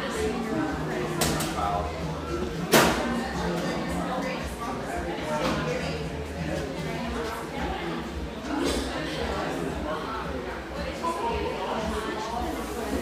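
Steady murmur of chatter fills a neighborhood espresso shop in Portland, Oregon, over a low constant hum. Sharp clinks and knocks pop up every few seconds, with one loud clatter near the three-second mark. Voices overlap throughout without pause.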